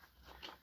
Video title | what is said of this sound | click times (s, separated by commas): Live from Shenandoah Sew and Vac - YouTube Edition October 15th 2025 | and locks into place just right. | 0.5 s